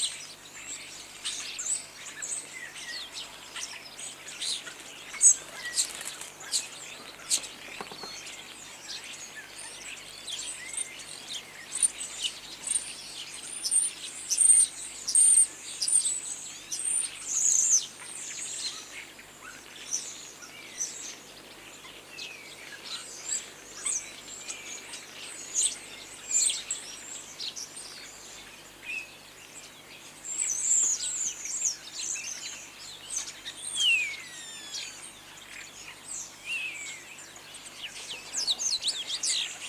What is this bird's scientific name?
Sturnus vulgaris